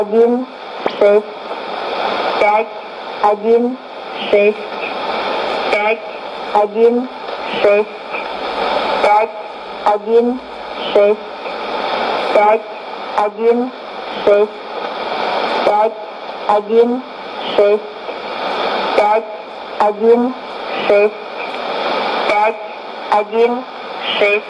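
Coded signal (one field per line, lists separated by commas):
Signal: numbers station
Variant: S06s, Russian female voice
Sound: female voice reading short Russian number groups at an even, steady pace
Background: radio static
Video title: 22 07 2016 Number station S06s Russian Lady to Eu 0940 on 9655 unknown tx site CUSB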